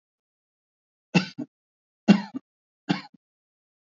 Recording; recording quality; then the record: shallow voluntary cough; excellent, no background noise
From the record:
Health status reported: healthy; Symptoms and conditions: none ticked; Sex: male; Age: 60 years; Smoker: not ticked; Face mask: not worn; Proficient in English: yes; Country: India